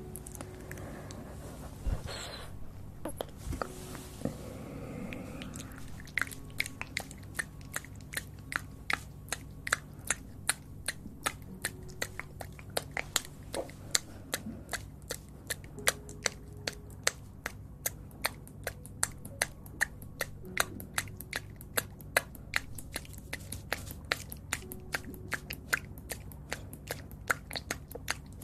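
Mouth sounds made close to the mouth: the first few seconds hold soft, breathy rustling, then from about six seconds a dense run of sharp, wet clicks and smacks begins. The clicks come quickly and irregularly, over a steady low hum.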